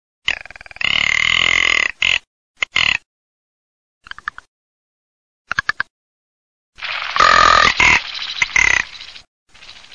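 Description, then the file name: Rock ptarmigan harsh croaking and rattling calls in broken bursts, some long and grating, separated by abrupt silences. "PERNICEBIANCA"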